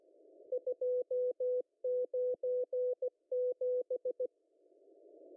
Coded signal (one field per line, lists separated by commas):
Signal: Morse code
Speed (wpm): 16 wpm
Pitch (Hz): 500 Hz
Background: none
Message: 297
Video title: M12 5863kHz CW 0030UTC 03/10/2023